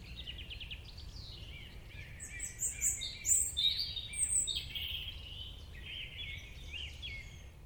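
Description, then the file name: European robin song of varied high twittering and sliding notes, peaking in the middle, over continuous low-pitched background noise. "Erithacus rubecula"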